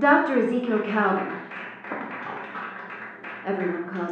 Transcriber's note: clapping